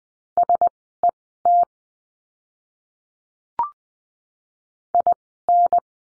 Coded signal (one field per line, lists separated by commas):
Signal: Morse code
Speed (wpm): 20 wpm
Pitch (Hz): 700 Hz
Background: none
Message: SET IN